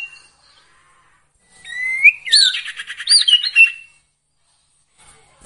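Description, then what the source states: Sirtu song: a rising whistled note, then a rapid buzzy trill with sweeping whistles above it, set between brief silences. Varied song used for training songbirds.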